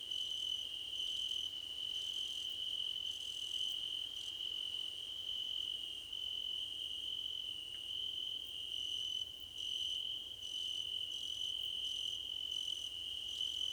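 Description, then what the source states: Crickets in chorus, a steady piercing trill with softer pulsed chirp bursts coming and going roughly once a second. Several crickets singing together in a chorus, described as a choir competition.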